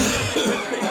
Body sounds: coughing mixed with background sound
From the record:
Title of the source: Spring Cold Coughing.

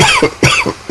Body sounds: coughing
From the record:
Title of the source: Dry Afternoon Cough

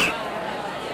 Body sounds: coughing mixed with background sound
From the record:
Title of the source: 31 night wet cough

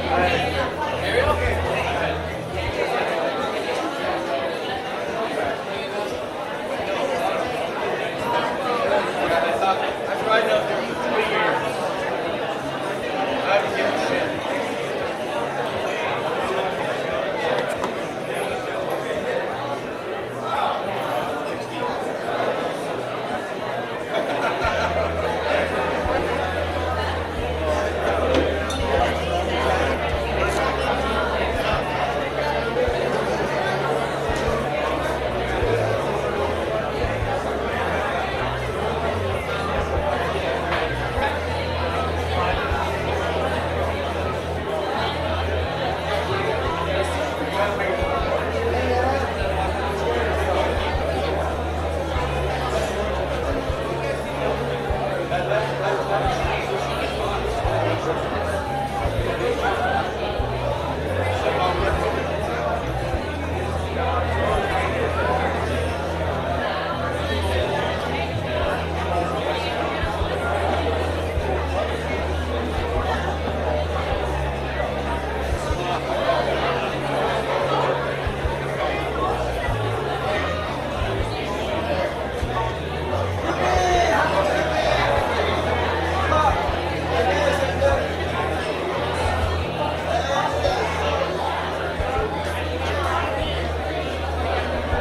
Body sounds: background sound without coughing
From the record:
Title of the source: CITY SOUNDS Busy Bar in the Evening Night - 2 HOURS of Ambiance for Relaxation

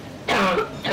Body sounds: coughing mixed with background sound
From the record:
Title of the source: Barking cough - # 10

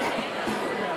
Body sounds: coughing mixed with background sound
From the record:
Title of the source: Coughing 77

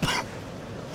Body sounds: coughing mixed with background sound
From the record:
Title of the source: Coughing 46

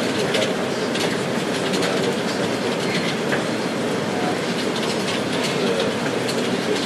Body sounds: background sound without coughing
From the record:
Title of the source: Office Sounds Ambience - Background Noise for Study and Work

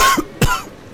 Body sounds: coughing mixed with background sound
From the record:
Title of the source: Coughing 51

